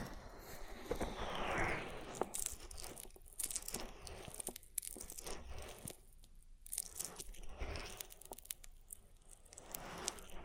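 An oil ear massage with wet, slick rubbing and crackling close to the ear. Squelching strokes sweep through it, one rising in pitch near the two-second mark, with sharp crinkly pops scattered throughout and quieter dips around six and seven seconds.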